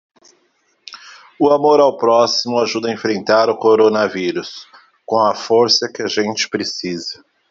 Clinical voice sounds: spoken sentence; Brazilian Portuguese; male; 40 to 49 years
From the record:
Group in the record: control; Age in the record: 40 years

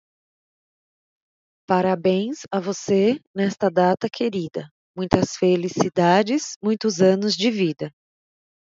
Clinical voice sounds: short text; Brazilian Portuguese; female; 30 to 39 years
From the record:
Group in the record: control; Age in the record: 37 years

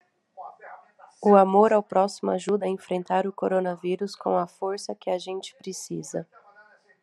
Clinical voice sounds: spoken sentence; Brazilian Portuguese; female; 20 to 29 years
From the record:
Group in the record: control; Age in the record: 26 years

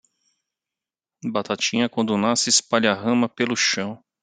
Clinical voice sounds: short text; Brazilian Portuguese; male; 50 to 59 years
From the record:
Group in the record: control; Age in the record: 50 years

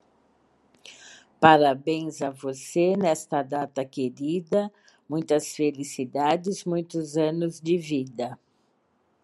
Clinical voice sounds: short text; Brazilian Portuguese; female; 60 to 69 years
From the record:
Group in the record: control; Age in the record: 64 years

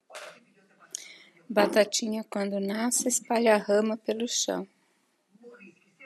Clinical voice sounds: short text; Brazilian Portuguese; female; 60 to 69 years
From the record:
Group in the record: control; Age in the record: 63 years

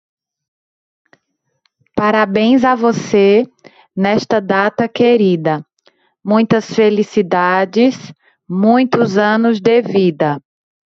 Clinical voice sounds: short text; Brazilian Portuguese; female; 30 to 39 years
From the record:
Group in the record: control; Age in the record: 33 years

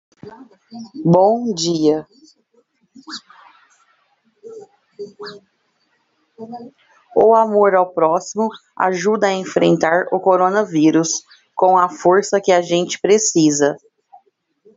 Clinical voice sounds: spoken sentence; Brazilian Portuguese; female; 30 to 39 years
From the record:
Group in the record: control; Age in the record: 36 years

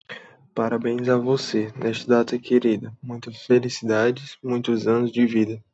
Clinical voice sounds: short text; Brazilian Portuguese; male; 20 to 29 years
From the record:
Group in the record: control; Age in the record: 23 years

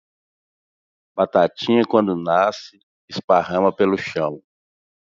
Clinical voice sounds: short text; Brazilian Portuguese; male; 40 to 49 years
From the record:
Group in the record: control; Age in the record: 43 years

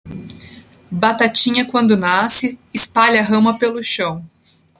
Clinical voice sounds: short text; Brazilian Portuguese; female; 40 to 49 years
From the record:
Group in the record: control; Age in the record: 40 years

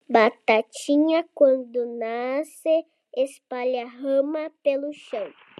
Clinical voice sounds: short text; Brazilian Portuguese; female; 30 to 39 years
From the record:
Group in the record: control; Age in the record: 36 years

